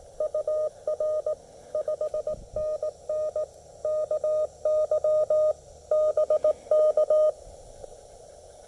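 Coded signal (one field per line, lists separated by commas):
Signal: Morse code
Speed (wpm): 18 wpm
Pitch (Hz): 600 Hz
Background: none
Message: UR 5NN KY BK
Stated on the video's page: QRP activation at Lake Norman using a Mission RGO One transceiver and Chameleon CHA LEFS antenna.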